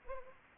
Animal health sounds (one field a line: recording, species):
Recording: mosquito wingbeat signal from an infrared sensor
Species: Anopheles arabiensis